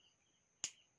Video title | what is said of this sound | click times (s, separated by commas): How to create Network Patch Cable - Tagalog Version | Yun, nag-click na. It means na crimp mo na siya. | 0.6 s